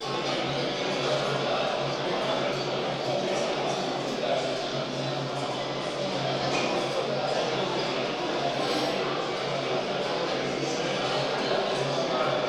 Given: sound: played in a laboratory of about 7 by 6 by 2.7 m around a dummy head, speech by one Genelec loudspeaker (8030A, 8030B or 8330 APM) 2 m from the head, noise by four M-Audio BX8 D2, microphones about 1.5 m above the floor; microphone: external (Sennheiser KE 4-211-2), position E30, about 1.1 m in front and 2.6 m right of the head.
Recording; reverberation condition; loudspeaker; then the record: cafeteria noise; high; four, about 170 cm from the corners of the room and facing them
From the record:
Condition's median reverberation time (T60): about 1300 ms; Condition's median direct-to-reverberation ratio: about -4.0 dB